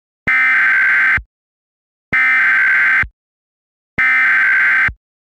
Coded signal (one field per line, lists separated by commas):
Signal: Emergency Alert System (SAME) tones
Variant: header bursts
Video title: EAS Shitpost: Florida